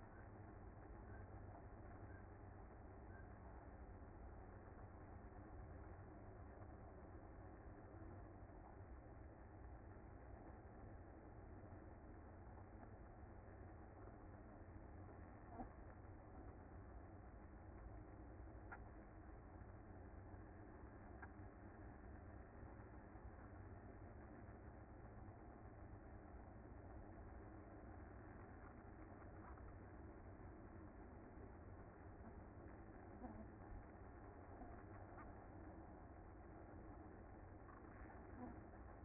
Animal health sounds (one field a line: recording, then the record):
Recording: honeybee colony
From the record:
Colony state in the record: active